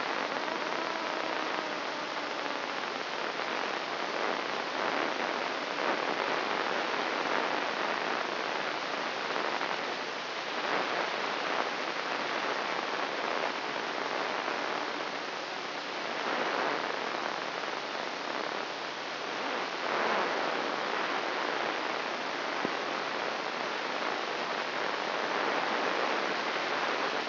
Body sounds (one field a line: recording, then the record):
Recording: brain microelectrode recording played as sound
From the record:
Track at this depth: outside the subthalamic nucleus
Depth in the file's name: 1.113 mm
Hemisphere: left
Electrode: 3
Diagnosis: Parkinson's disease